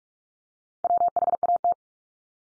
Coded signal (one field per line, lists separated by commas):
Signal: Morse code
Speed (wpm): 46 wpm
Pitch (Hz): 700 Hz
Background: none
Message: WHAT